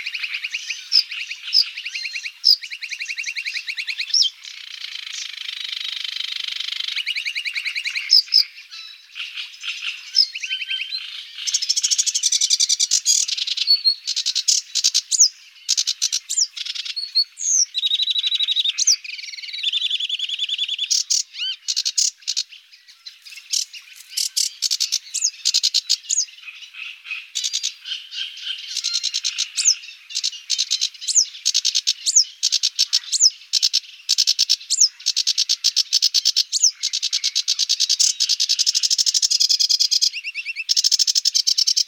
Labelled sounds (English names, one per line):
Sedge Warbler song